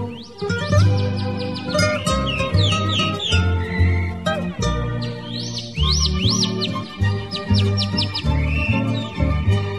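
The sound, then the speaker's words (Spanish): Bright, rapid calandria mockingbird whistles, upward-sweeping chirps repeated in quick bursts, ring out over a steady, loud musical accompaniment of strummed and droning instruments, with no voices. “La calandria comenzó, imita un tordo chaqueño que de lejos le silbó.”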